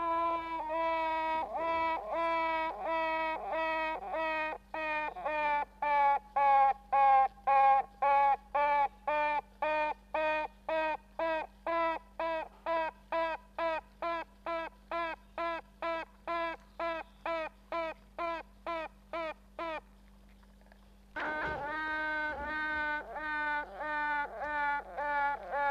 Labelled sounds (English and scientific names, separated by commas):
Honey Bee (Apis mellifera)